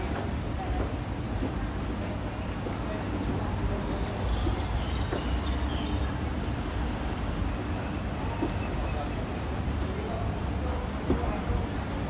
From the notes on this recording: Walking Around The Tel Aviv University